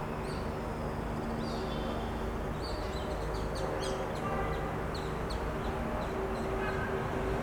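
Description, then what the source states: Swift screams, short high buzzy squeals from several birds in scattered bursts, over a steady low hum. August 2019; calls in a soundscape.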